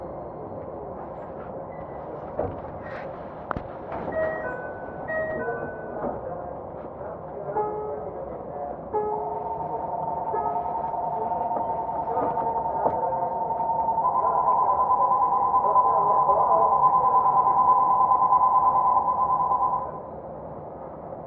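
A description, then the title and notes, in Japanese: Keikyu 2100 series train in motion, its motor whine climbing through short stepped tones in the first seconds, then settling into a steady pitched drone. The drone swells louder from about 14 seconds and cuts off near 20, over constant low rumble and occasional knocks. 京急2100形 横浜〜三崎口。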